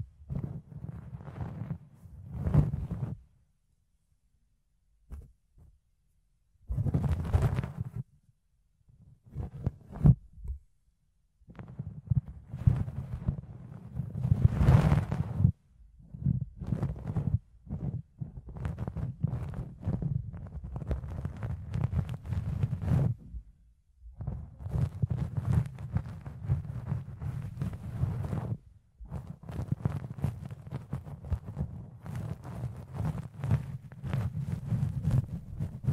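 Ear cleaning with fluffy scrubbing: low muffled rustling and thumps in dense bursts, broken by brief silences near 4, 6, 11 and 24 seconds.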